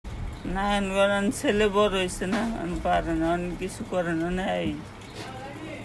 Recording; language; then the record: elicited speech; Bengali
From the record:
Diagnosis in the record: Broca's or global aphasia after a stroke